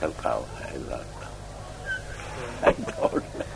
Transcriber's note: laughs